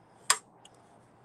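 A lawn mower's spark plug wire boot is pushed onto the spark plug until its metal clip snaps around the top of the plug. A sharp, bright click at 0.3 s is followed by a faint tick near 0.65 s. The boot is seated on the plug.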